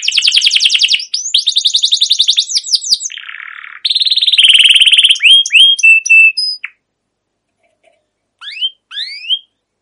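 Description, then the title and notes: Canary song of rapid trills and a buzzy phrase, then repeated falling whistles, ending in near silence broken by two rising chirps. Long continuous chirping canary song, used as a lure to prompt young canaries to sing and learn. "CUIT CUIT NGEROL LANGSUNG GACOR PANJANG Kenari Ini Utk Pancingan KENARI PAUD BELAJAR BUNYI. burung kenari"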